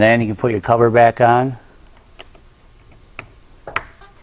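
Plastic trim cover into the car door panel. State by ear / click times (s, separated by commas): seated / 3.2 s, 3.8 s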